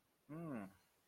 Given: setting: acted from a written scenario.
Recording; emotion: vocal sound without words; confusion